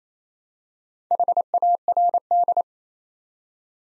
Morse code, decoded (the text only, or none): HARD